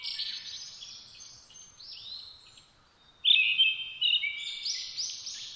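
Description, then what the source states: Brown-headed thrush song: soft whistled phrases, then a loud clear whistle at about three seconds, followed by high twittering notes. Recorded 17 June 2009 at 06:48.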